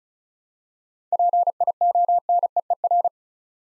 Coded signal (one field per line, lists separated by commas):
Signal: Morse code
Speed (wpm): 36 wpm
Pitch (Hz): 700 Hz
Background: none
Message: PIONEER